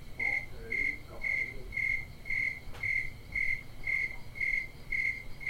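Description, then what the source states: Cricket giving regular high chirps about twice each second; a few faint lower sounds and a brief click in the background. Crickets recorded at Bisbee.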